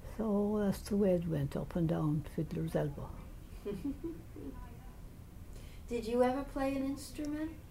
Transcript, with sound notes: So that's the way it went up and down Fiddler's Elbow.
[chuckles] Did you ever play an instrument?